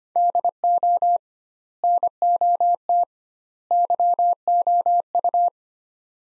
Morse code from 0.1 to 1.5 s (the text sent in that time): DO